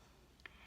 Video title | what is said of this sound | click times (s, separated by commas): Straight Teeth Direct Invisible Braces Journey - Part 2 - Plus DISCOUNT | you heard them click then they're | 0.5 s